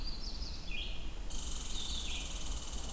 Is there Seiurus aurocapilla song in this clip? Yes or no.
no